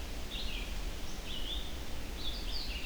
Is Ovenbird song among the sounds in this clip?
no